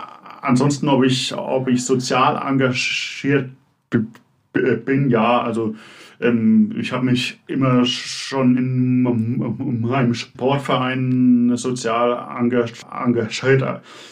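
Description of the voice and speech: A man in his mid-to-late twenties speaking German with stuttering: repeated words and phrases and filled pauses ('äh', 'ähm') break up his speech.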